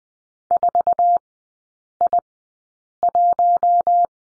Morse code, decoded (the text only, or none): 4I1